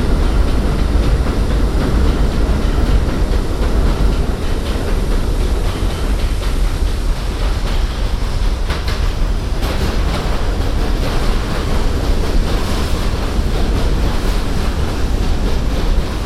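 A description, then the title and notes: A subway ride on the MTA, recorded binaurally, with a steady, dense roar of the train running throughout. Heavy low rumble dominates, with faint rattling and clatter layered above and brief brighter scrapes around the middle. The level stays constant without pauses. A binaural field recording, from the Queens Museum to my apartment in Harlem via the MTA.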